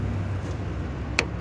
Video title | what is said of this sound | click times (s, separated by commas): Replace Brake Light Bulb Nissan Altima 1998 Tutorial | can hear maybe a little click comes right out | 1.2 s